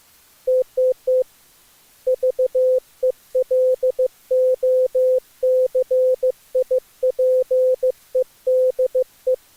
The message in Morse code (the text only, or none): TTT VELOCIPEDE